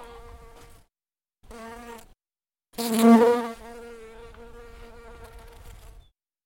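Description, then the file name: Bumblebee buzzing: a droning hum with stacked harmonics, in short bursts separated by silences, then one louder surge before a steady drone. "Bumble Bee Buzzing 01"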